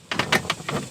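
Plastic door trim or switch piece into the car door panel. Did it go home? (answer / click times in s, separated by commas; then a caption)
no / none. A plastic door trim or switch piece is handled and pressed toward its opening in a Maxima's car door panel, making a series of short, bright plastic rattles and scrapes around 0.1–0.2 s, 0.35 s, 0.5 s and 0.7 s. Nothing has seated or clicked into place yet.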